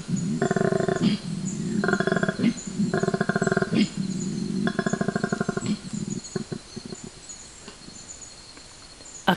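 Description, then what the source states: Koala bellowing: several pulsed snore-like groans with wheezy breaths, then the calls break into scattered grunts and fade to quiet. Recorded at night by a forest acoustic recorder in 12-hour recordings scanned by computer; distinctive loud low-frequency call of grunts and snort-like inhalations, said to sound like a lion roaring.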